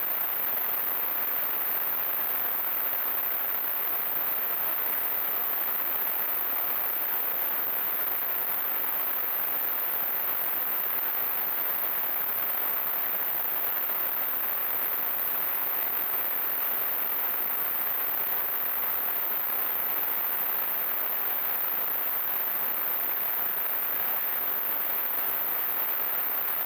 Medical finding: Tinnitus.